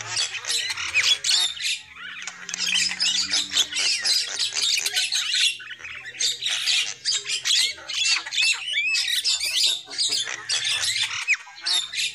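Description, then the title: Lovebird chatter of dense, harsh, high-pitched squawks, nearly unbroken, with brief pauses. Lure call used for trapping lovebirds. "PIKAT BURUNG LOVEBIRD"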